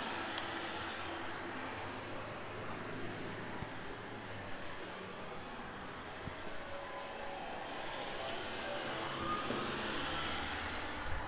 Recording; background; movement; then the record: deep breathing; traffic; walking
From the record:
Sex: female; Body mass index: 36.4 kg/m2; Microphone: on the chest, facing the body